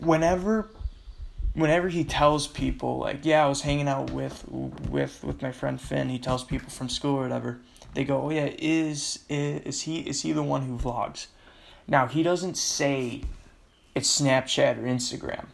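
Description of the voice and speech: Casual adult male speech with frequent disfluencies: a prolonged, restarted opening word, a triple word repetition ('with, with, with'), repeated and stretched 'is', and a lengthened word before a pause. These repetitions and prolongations fit the speaker's stutter, which is heard often.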